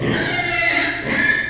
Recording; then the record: squeal of a Yucatan mini pig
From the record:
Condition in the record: before surgery on the right vocal fold (resection and tissue-engineered implant); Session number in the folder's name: 2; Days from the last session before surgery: 0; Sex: male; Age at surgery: 12 weeks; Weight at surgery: 13 kg